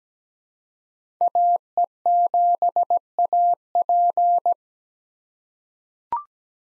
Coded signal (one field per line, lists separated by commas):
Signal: Morse code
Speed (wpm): 17 wpm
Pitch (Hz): 700 Hz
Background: none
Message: AE7AP